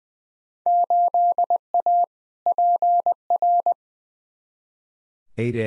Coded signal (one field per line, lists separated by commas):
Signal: Morse code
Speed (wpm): 20 wpm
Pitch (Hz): 700 Hz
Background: none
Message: 8A PR